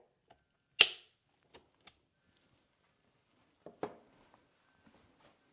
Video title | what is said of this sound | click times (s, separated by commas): Installing Weigand Scope Base and Burris 2x20 Scope To Ruger 6" GP100. | and you just want to turn till you hear a click | 0.8 s